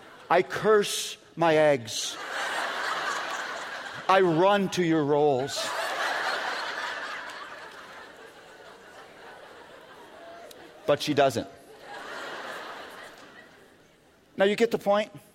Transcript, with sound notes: I curse my eggs. I run to your rolls.” (laughter) But she doesn’t. Now, you get the point?